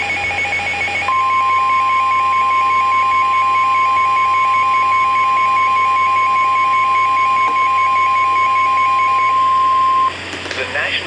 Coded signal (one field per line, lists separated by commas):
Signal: Emergency Alert System (SAME) tones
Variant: 1050 Hz attention tone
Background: speech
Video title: Overnight Event - EAS Alerts from 3/15-3/16/26 on #WWG83, #KEC74, and #KJY93 (EAS 222-239)